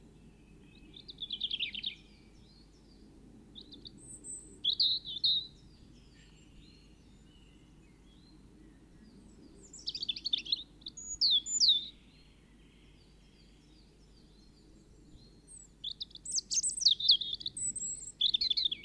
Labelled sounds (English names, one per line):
European Robin song